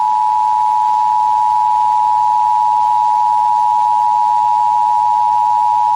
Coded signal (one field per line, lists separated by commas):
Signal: Emergency Alert System (SAME) tones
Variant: 853 and 960 Hz attention tone